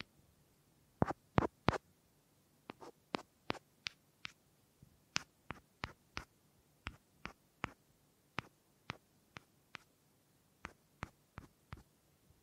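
Wood triggers: a series of sharp, dry taps and clicks on wood, each short and crisp, spread across the full range from low knock to bright tick. They come irregularly, roughly two per second, sometimes in quick pairs, over a quiet, faintly hissing background.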